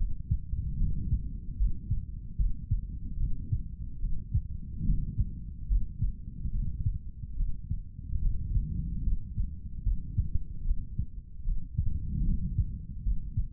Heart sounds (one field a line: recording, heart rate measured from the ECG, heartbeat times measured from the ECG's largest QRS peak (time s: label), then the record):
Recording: heart sounds by stethoscope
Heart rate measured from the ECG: 73 bpm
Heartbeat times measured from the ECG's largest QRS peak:
0.77 s: heartbeat
1.57 s: heartbeat
2.37 s: heartbeat
3.17 s: heartbeat
4.00 s: heartbeat
4.84 s: heartbeat
5.68 s: heartbeat
6.51 s: heartbeat
7.36 s: heartbeat
8.20 s: heartbeat
9.03 s: heartbeat
9.84 s: heartbeat
10.64 s: heartbeat
11.44 s: heartbeat
12.24 s: heartbeat
13.03 s: heartbeat
From the record:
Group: healthy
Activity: cold pressor test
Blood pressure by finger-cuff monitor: 102/68 mmHg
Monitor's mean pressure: 79 mmHg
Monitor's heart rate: 75 bpm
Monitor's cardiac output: 3.6 L/min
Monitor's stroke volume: 49 mL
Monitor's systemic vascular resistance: 1570 dyn s/cm5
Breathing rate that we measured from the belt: 16 breaths a minute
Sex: male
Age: 55 years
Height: 167 cm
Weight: 57.2 kg